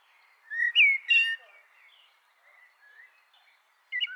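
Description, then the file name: Common blackbird song: a short fluty whistled phrase with a squeaky flourish, then faint quiet notes and a brief final chirp. "Turdus merula"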